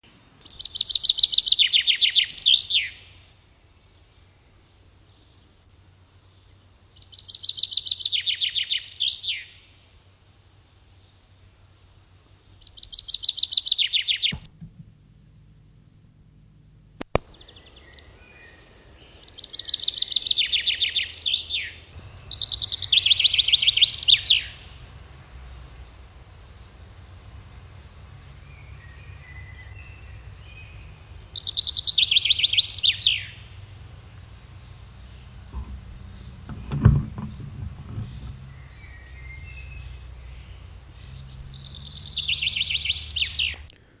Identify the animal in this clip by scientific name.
Fringilla coelebs